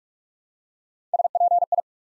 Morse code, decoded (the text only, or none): SPI